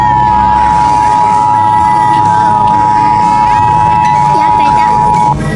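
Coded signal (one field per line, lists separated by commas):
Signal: Emergency Alert System (SAME) tones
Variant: 853 and 960 Hz attention tone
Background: speech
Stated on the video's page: Fictional EAS scenario from a game.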